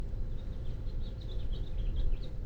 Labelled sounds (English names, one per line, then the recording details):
House Finch song
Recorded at Oceanside on Long Island, New York, on 17 June 1975
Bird B